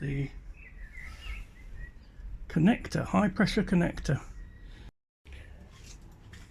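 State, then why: Not seated. Someone talks while handling and lining up the stiff high-pressure water-filler connector over the boiler fitting of a coal-fired Accucraft Edrig model steam locomotive. Only faint handling sounds are heard, and the connector has not yet been pressed down or clicked into place.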